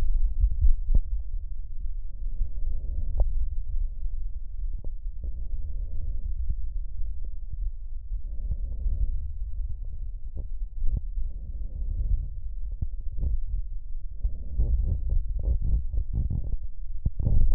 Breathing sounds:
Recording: lung sounds by stethoscope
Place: left posterior lower chest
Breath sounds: normal breath sounds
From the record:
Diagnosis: none (healthy)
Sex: male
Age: 41 years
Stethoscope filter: extended mode, 50 to 500 Hz

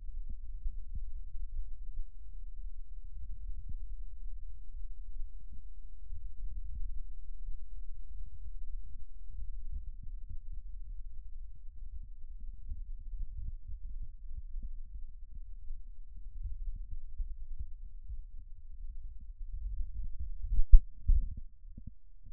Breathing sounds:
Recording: lung sounds by stethoscope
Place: right posterior upper chest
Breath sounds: crackles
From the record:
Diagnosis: heart failure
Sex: female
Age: 70 years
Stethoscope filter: bell mode, 20 to 200 Hz

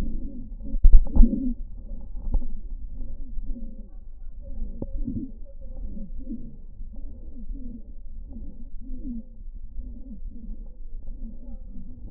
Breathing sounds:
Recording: lung sounds by stethoscope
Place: left posterior lower chest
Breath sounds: expiratory wheeze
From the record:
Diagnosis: COPD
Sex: male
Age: 62 years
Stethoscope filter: diaphragm mode, 100 to 500 Hz

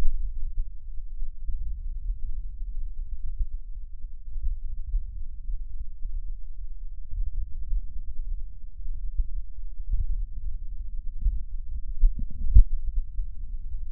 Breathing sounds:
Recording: lung sounds by stethoscope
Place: right posterior upper chest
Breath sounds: normal breath sounds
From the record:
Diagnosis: none (healthy)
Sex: male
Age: 36 years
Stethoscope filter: bell mode, 20 to 200 Hz

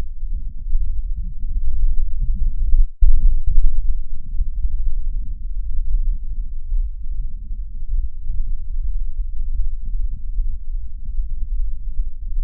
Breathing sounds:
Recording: lung sounds by stethoscope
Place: right anterior middle chest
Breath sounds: crackles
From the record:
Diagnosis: heart failure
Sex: male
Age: 54 years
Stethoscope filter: bell mode, 20 to 200 Hz

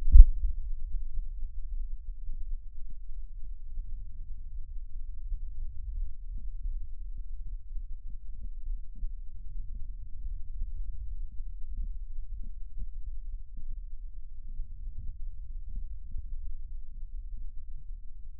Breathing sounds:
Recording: lung sounds by stethoscope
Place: right posterior lower chest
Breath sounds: normal breath sounds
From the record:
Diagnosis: none (healthy)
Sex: male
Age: 27 years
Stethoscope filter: bell mode, 20 to 200 Hz

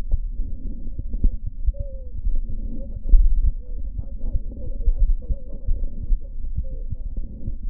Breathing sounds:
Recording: lung sounds by stethoscope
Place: left posterior lower chest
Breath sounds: crackles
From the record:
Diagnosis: heart failure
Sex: male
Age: 57 years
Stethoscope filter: diaphragm mode, 100 to 500 Hz

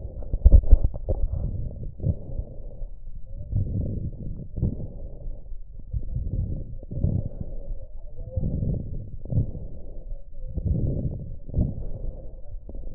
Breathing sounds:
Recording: lung sounds by stethoscope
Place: right anterior middle chest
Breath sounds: crackles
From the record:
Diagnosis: heart failure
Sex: male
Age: 26 years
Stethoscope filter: extended mode, 50 to 500 Hz

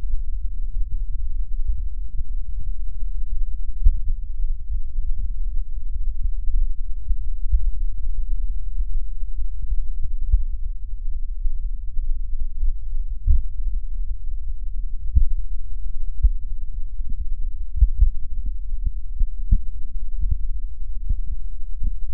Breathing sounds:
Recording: lung sounds by stethoscope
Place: left posterior upper chest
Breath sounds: normal breath sounds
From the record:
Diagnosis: none (healthy)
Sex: female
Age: 73 years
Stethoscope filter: bell mode, 20 to 200 Hz

